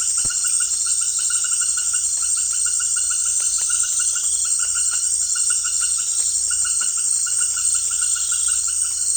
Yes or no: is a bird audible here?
no